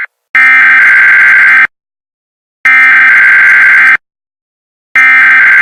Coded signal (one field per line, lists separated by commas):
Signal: Emergency Alert System (SAME) tones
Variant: header bursts